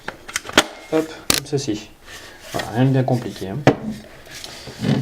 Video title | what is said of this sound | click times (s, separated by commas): [CYMA] P90 TR (fr) | et on vient verrouiller le tout. | 0.4 s